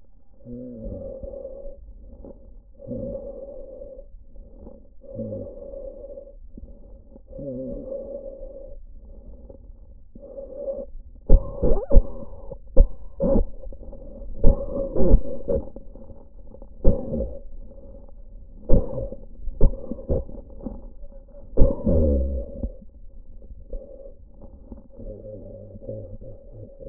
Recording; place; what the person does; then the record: lung sounds by stethoscope; trachea; quiet breathing, then cough and speech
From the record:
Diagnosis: pulmonary infection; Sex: male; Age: 69 years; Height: 184 cm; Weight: 115 kg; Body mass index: 34.0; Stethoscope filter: diaphragm mode